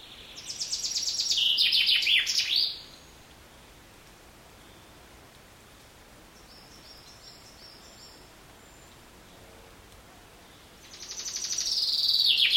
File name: Fringilla coelebs